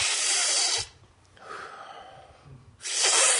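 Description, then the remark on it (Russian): A person sharply sucks air in through the mouth, imitating rapid rhythmic inhaling: two loud, breathy hissing intakes separated by a brief quieter pause. “Не дул, а в себя стал так вот.”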